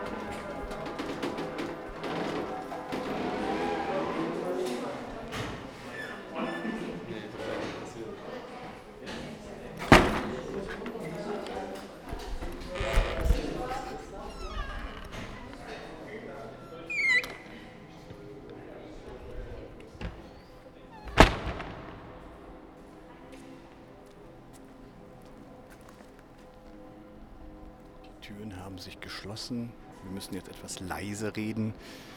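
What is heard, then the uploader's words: Sounds of Ulm: overlapping voices talk through the first half, broken by two sharp bangs near 10 and 21 seconds and a few smaller knocks. Afterward it grows quieter, with faint steady tones and murmur, then a brief burst of clatter near the end. Sounds of Ulm (Soundscapes meets Kulturradio).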